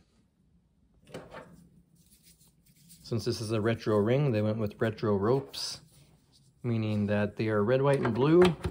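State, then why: Not seated. A plastic corner post and rope piece is handled at the base of a Mattel WWE retro toy wrestling ring. Someone talks over faint handling noises, with small bumps around 1.1 s and 2.7 s. The piece has not yet snapped into its socket, and nothing has seated or clicked.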